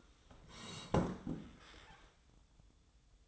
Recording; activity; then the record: daily activity, microphone in the room; sit down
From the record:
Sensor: 3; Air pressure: 1005.0 hPa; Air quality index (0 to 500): 93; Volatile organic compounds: 3 ppm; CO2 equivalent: 1454 ppm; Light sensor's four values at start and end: 9/21/9/9 and 10/22/9/9